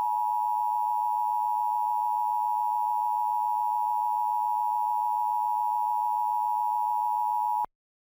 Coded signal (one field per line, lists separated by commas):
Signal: Emergency Alert System (SAME) tones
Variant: 853 and 960 Hz attention tone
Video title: EAS Mock - Stickbug Hacks EASyPLUS